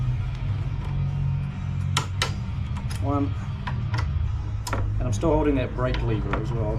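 A click-type torque wrench tightens a brake-area bolt on a motorcycle until it clicks at its set torque, with sharp clicks at 2.0 and 2.2 seconds. Someone talks before and after the clicks, over a steady low background hum. The wrench reaches its setting and the bolt is torqued.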